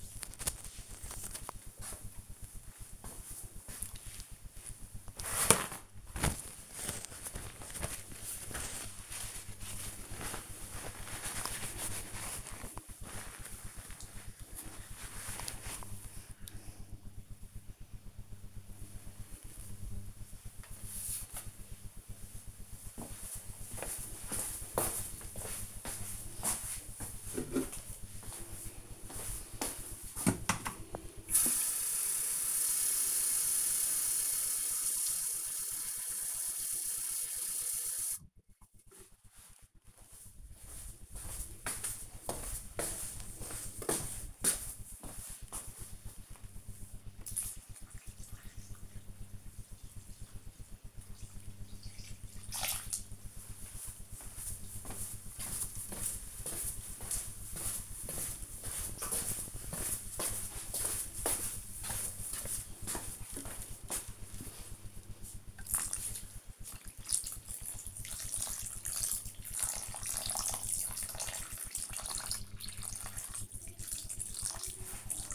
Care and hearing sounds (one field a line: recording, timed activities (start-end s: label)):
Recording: household activities, microphone on the right wrist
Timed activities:
27.08-75.34 s: watering plant